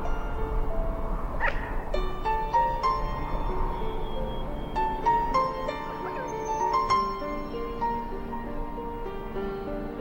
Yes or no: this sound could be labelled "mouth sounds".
no